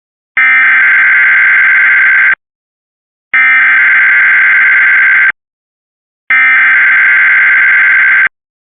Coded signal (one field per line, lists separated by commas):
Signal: Emergency Alert System (SAME) tones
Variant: header bursts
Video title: Severe Thunderstorm Watch 440 (2025) EAS (Cox) 6/18/2025